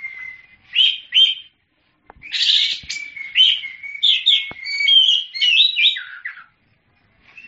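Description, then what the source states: Oriental magpie-robin song opening with two short whistles, then a dense stretch of scratchy notes, clear whistles and falling slurred phrases. Champion bird singing.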